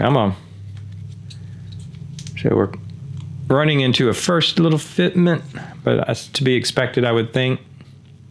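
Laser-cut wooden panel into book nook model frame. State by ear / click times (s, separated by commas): not seated / none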